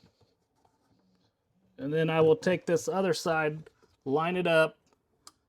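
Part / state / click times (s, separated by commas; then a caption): drawer slide rail into plastic rail guide / seated / 5.3 s. Someone talks while lining up the other side of an RV drawer's slide rail and pushing it into its plastic rail guide. A slight, sharp click is heard at 5.3 s as the second rail seats into the guide.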